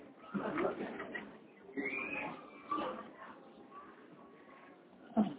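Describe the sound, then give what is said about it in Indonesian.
A human voice imitates a crow's caw, giving several rough, nasal bursts spaced irregularly, with a sharper final call at the end. “Warnanya hitam. Dia sukanya makan daging. Dan suaranya begitu. Ya itulah suaranya saya.”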